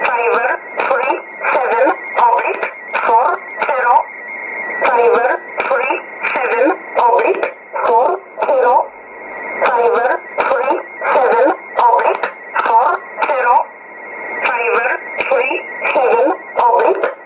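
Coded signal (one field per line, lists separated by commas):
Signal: numbers station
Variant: E11 Oblique, English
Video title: 28 02 2018 E11 Oblique Numbers station in English to Eu 0900 on 9446 unknown tx site in USB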